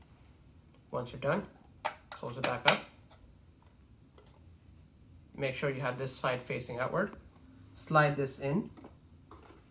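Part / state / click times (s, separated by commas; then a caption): dust bin into robot vacuum body / seated / 9.3 s. Someone talks while the plastic dust bin of an iRobot Roomba E6 robot vacuum is closed back up and slid into its slot in the vacuum body. A single sharp click at 9.3 s marks the bin seating shut.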